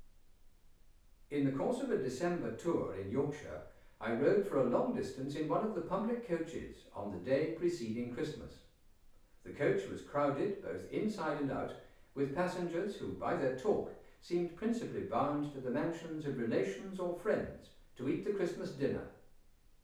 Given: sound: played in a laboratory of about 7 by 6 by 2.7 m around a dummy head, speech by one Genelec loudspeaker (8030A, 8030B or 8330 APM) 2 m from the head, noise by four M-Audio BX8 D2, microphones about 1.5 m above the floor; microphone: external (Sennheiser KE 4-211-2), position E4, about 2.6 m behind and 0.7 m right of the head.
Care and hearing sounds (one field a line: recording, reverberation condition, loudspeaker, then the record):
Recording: male speech in English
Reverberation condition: medium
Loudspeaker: 90 degrees to the left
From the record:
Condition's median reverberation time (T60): about 510 ms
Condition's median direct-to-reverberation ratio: about -0.5 dB